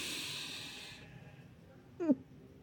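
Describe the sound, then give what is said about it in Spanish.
A deep, airy breath is drawn in for about a second, then it goes quiet as the breath is held, ending with a brief strained throaty sound. “Desprecio se come aguantándose la respiración profundamente.”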